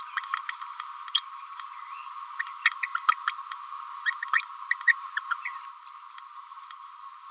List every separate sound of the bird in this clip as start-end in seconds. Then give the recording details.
0.17-0.20, 1.14-1.24, 2.39-2.43, 2.83-2.87, 3.08-3.12, 3.27-3.32, 4.33-4.42, 4.70-4.74, 4.86-4.93, 5.30-5.34, 5.45-5.50. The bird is a female. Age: 29 days. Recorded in a nest box in Venezuela. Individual 17B31A3